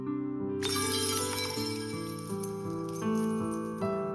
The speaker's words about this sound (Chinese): 这是装药酒的瓶子落到地上摔碎的声音。